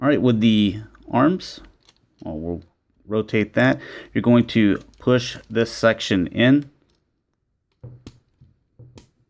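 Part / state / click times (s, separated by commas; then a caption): arm section pushed into a transforming action figure's body / seated / 8.1 s, 9.0 s. Someone talks while a plastic arm section of a Takara Transformers Masterpiece MP-26 Road Rage action figure is rotated and pushed all the way into the figure's body. After the talking stops, two short clicks sound at about 8.1 s and 9.0 s, the usual two clicks for this part, and the arm section is seated.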